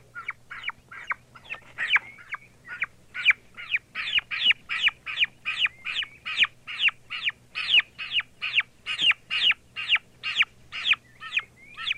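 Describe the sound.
Young turkey calls: a steady series of high, piercing peeps about two per second, starting softer and growing louder, with an occasional thin whistle between them.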